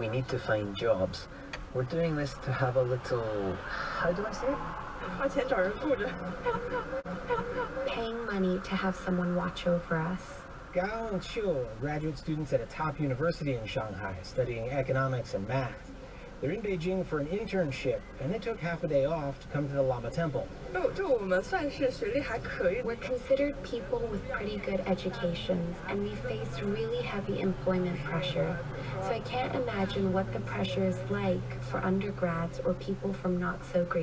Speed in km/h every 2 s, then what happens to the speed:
0, 0, 0, 0, 0, 0, 0, 0, 0, 0, 0, 0, 0, 0, 0, 0, 0.
0-34 standing.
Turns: none.